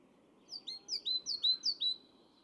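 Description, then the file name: Great tit song: four clear, sharp two-note units in a quick, even rhythm, high-pitched and ringing. "Parus major"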